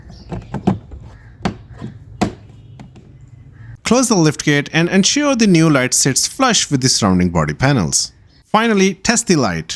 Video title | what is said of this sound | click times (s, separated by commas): How to replace tail lights on Kia Sportage - easy method | Snap the tail light cover back on. | 1.4 s, 2.2 s